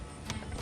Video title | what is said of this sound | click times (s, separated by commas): Chevy LP5 Duramax Low Coolant Warning | Goes in like that. Make sure it clicks. | 0.3 s